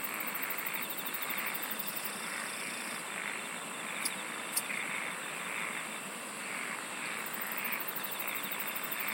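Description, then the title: Insects trilling steadily in a dense chorus, with pulsed high trills at the start and end and two brief clicks in the middle. "SINGING OF INSECTS"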